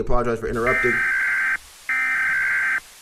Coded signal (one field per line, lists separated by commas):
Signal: Emergency Alert System (SAME) tones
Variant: header bursts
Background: speech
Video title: Emergency Alert System Analog Horror Videos Are Weird